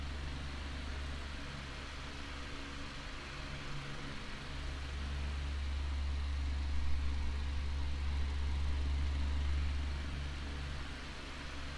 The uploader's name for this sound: Oscillating Fan Noise